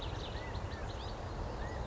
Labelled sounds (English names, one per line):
California Quail